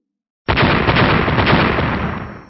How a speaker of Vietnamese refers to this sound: Giữa không trung lập tức vang lên tiếng nổ mãnh liệt, vô số hồ quang điện màu bạc từ cơ thể của hắn bắn ra, lập tức hình thành một trận pháp lôi quang lập lòe ánh sáng bạc xung quanh hắn.